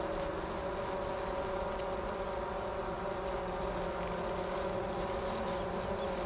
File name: Bees Fanning On A Top Of A Bee Hive Cover 07 02 2019